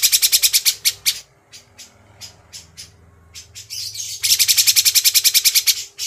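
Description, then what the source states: Grey-cheeked bulbul song: quick repeated sharp notes slowing to scattered chips, then a fast, buzzy chattering series. Used for training songbirds.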